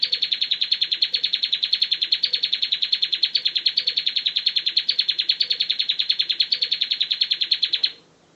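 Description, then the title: Bar-winged prinia song: a long, steady run of fast, high repeated chirps lasting about eight seconds, then stopping abruptly. "Ciblek"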